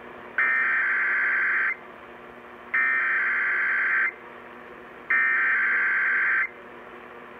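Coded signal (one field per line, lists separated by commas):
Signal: Emergency Alert System (SAME) tones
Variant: header bursts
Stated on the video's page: Required Monthly Test originated by a radio station, with relays caught from other stations.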